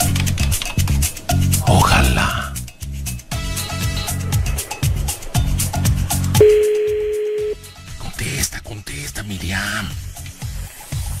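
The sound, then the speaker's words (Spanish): Short telephone dialing tones are followed by a single steady ringing tone lasting about a second, set against a busy mix of voices and background sound. “Número no conozco, voy con el esposo. A ver, pues ahí te voy una vez más.”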